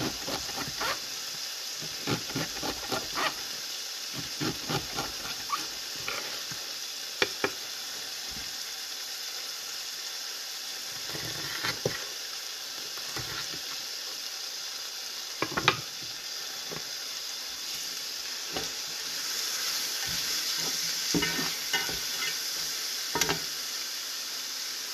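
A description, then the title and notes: Eggs and bell peppers fry in a pan with a steady bright sizzle, punctuated by frequent sharp pops and crackles throughout. Frying eggs and Bell Peppers.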